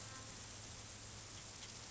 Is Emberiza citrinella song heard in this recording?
no